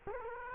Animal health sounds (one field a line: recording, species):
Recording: mosquito wingbeat signal from an infrared sensor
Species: Culex quinquefasciatus